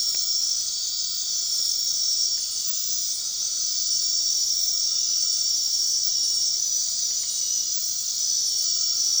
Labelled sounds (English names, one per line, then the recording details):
none
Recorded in dense forest near Puerto Asís, Putumayo, Colombia, on 21 March 2025 at 21:30
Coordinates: 0.499, -76.324
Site GP03